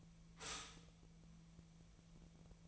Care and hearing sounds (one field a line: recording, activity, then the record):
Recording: daily activity, microphone in the room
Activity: stop toaster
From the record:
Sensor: 1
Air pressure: 1009.3 hPa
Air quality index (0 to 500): 195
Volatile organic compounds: 19 ppm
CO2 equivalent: 2658 ppm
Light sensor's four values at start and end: 28/71/29/35 and 28/71/29/35